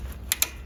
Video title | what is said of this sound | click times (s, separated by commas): Mondeo Mk4 AC Compressor/Cooling Rad/Condensor Change | and there you go. Clicks into place. | 0.3 s, 0.4 s